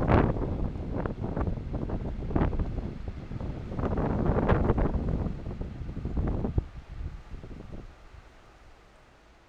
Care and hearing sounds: everyday scene through a hearing-aid microphone; wind on the microphone; squally wind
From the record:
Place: parking lot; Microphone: in the ear canal, right

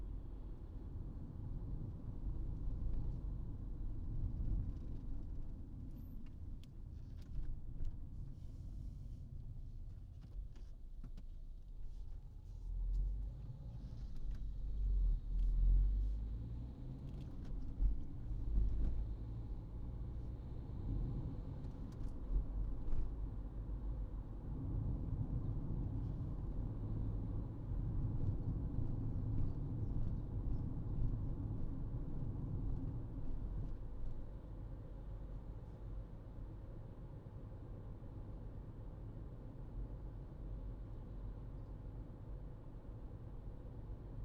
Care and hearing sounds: everyday scene through a hearing-aid microphone; in a vehicle; engine, traffic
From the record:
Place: Berlingo II, diesel engine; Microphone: in the ear canal, right

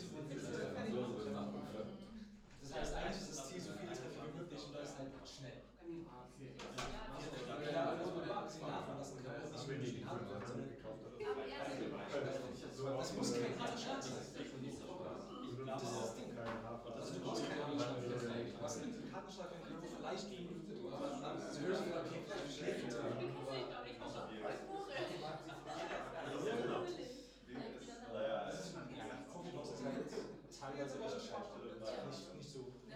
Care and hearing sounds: everyday scene through a hearing-aid microphone; many people talking; many voices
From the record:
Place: bistro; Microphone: in the ear canal, left

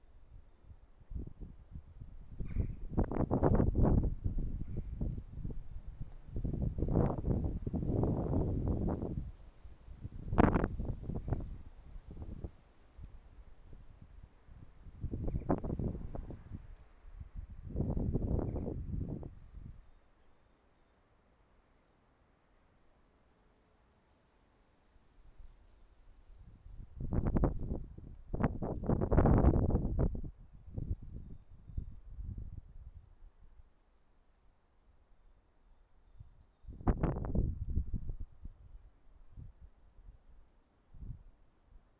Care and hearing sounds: everyday scene through a hearing-aid microphone; wind on the microphone; wind, traffic, birds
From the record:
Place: suburban garden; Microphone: behind the ear, right, front

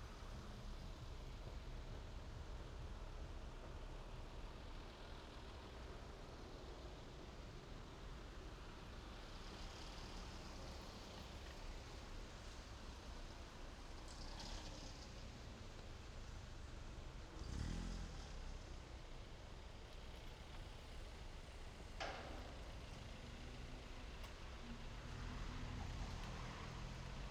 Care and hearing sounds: everyday scene through a hearing-aid microphone; in traffic; traffic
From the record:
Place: main road on the outskirts, rush hour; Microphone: in the ear canal, left

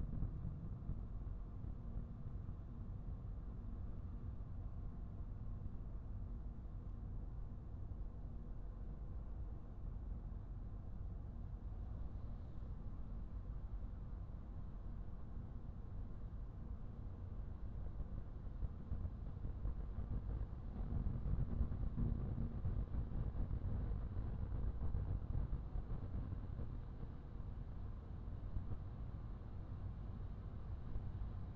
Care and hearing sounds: everyday scene through a hearing-aid microphone; in a vehicle; engine, highway driving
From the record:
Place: Skoda Fabia, gasoline engine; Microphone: behind the ear, right, rear

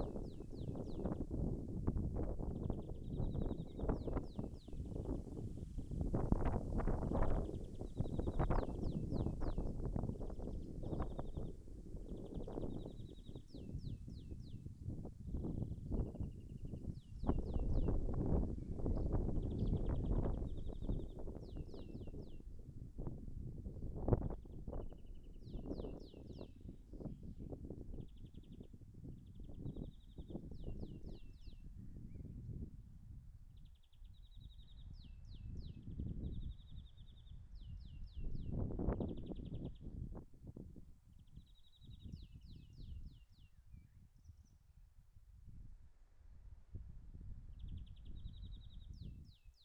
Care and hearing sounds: everyday scene through a hearing-aid microphone; wind on the microphone; wind, birds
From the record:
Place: in front of a rural house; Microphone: behind the ear, left, front

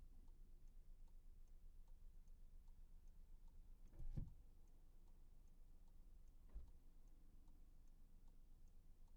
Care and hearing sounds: everyday scene through a hearing-aid microphone; in a vehicle; engine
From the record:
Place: Skoda Fabia, gasoline engine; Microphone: behind the ear, right, rear

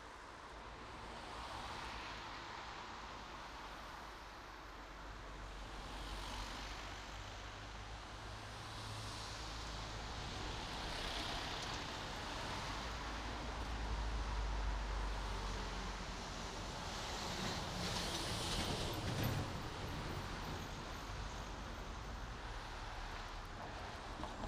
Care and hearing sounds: everyday scene through a hearing-aid microphone; in traffic; traffic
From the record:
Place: main road on the outskirts, rush hour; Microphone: in the ear canal, right

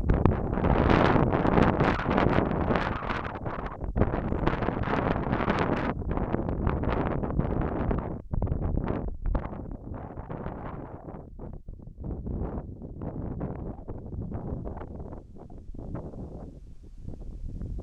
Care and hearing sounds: everyday scene through a hearing-aid microphone; wind on the microphone; wind, whistling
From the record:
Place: in front of a rural house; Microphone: behind the ear, left, rear

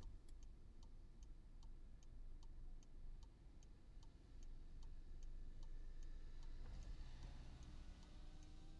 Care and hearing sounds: everyday scene through a hearing-aid microphone; in a vehicle; engine idling, traffic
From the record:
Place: Skoda Fabia, gasoline engine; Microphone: in the ear canal, right

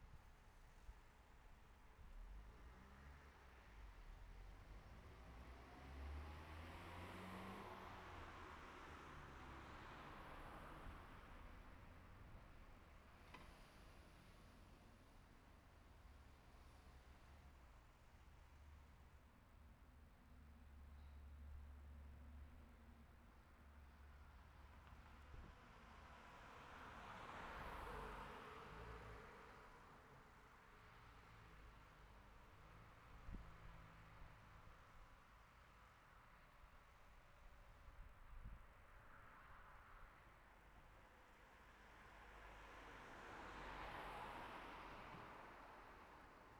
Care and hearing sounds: everyday scene through a hearing-aid microphone; in traffic; traffic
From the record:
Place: city secondary road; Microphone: behind the ear, right, rear

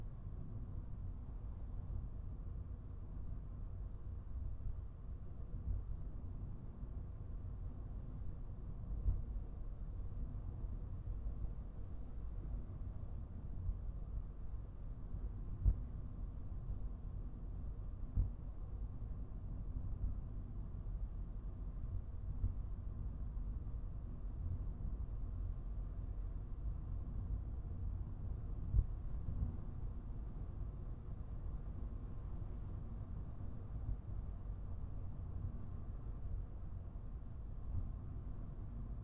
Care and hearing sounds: everyday scene through a hearing-aid microphone; in a vehicle; engine, traffic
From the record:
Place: Skoda Fabia, gasoline engine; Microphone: behind the ear, right, front

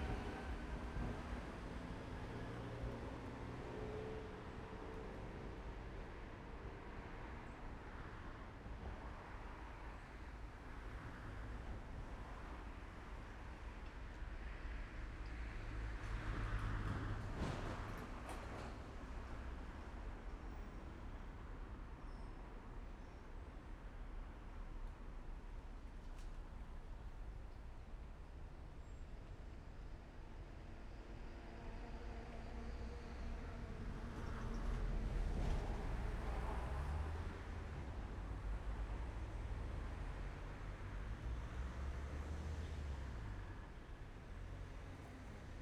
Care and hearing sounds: everyday scene through a hearing-aid microphone; in traffic; traffic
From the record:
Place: main road on the outskirts, rush hour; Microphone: behind the ear, left, front

